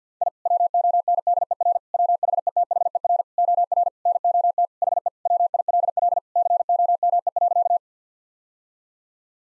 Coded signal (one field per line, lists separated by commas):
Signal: Morse code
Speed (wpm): 50 wpm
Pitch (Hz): 700 Hz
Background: none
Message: I WONDER WHETHER OR NOT HE WILL COME.